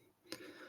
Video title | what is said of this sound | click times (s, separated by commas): Part 6 Tamiya 1:12 Suzuki RGV Gamma - the final part | That was a good snap. It all snaps into place. | 0.3 s